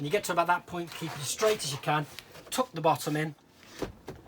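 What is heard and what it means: Someone talks while the pleated cab window blind at the side window of a Carthago Malibu T-500 QB motorhome cab is drawn back as straight as possible and its bottom is tucked in toward its magnetic catch. After the talking stops, a few faint, brief handling sounds come near the end. Nothing has seated or clicked yet.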